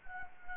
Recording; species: mosquito wingbeat signal from an infrared sensor; Anopheles gambiae